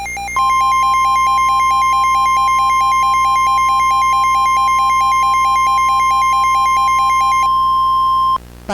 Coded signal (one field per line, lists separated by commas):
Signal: Emergency Alert System (SAME) tones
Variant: 1050 Hz attention tone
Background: music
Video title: EAS Scenario: Bad apple slices